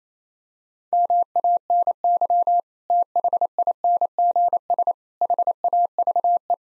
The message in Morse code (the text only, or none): MANY THINGS HAVE